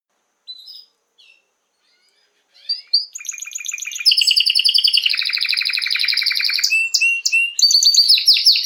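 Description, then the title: Belgian canary singing: a few isolated high chips, then a sustained fast trilled song building in volume with buzzy rolls and sharp whistled notes. Male Belgian canary singing a lot, to warm up a young bird. "Esquente Seu Filhote E Canario Belga Em 30 Minutos Macho Cantando Muito"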